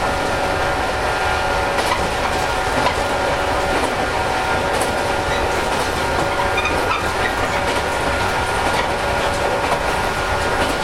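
Running sound from inside a 415-series electric train on a Nippon Line local service. A steady, dense roar holds at an even level throughout, with low rumble underneath and faint tonal whines running above. Small clicks and rattles come irregularly across the whole stretch.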